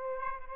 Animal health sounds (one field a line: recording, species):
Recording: mosquito wingbeat signal from an infrared sensor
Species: Aedes albopictus